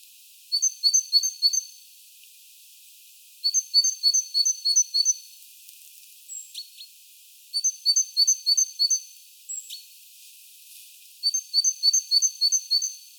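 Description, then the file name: Great tit giving bursts of five or six rapid, high, thin notes every few seconds, with a brief single note between some bursts. "Parus major"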